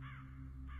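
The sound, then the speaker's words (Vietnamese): A stray crow in a chinaberry garden right by the house, on a moonlit night, gives harsh, raspy caws, one at the start and another beginning at the end, over a steady low hum with no voices. “Tiếng quạ kêu ở ngoài vườn xoan ngay đầu hè làm cho ông giật mình.”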